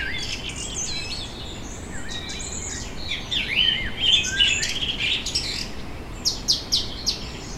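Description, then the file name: Birds chirping and whistling, several overlapping calls with short rising and falling phrases and quick sharp notes, over a steady low rumble of traffic. Vineyard ambience in Germany on a summer evening, birds with distant traffic. "tom chapman nature vineyard ambience summer evening birds distant traffic germany"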